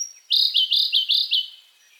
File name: siberian blue robin